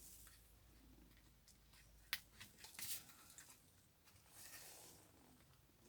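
A small plastic model part is pressed fully home into a ship model hull during assembly, fitting perfectly, while the other parts sit lower. A sharp click is heard at 2.1 s, followed by softer scraping and rustling handling noises. Someone talks.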